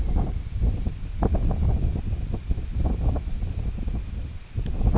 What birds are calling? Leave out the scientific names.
none